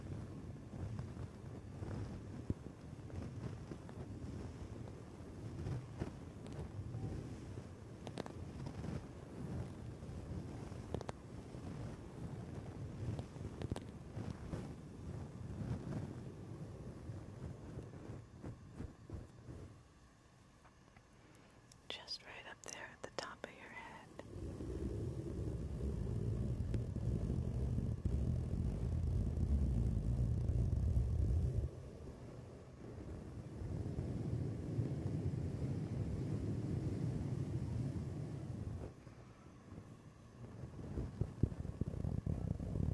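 A head and back scratcher rubs against the mic, making a dense, low, rumbling scratch with crackly ticks throughout. Around twenty seconds it drops nearly quiet with a brief brighter scrape, then returns heavier and fuller, easing briefly near 32 and 39 seconds.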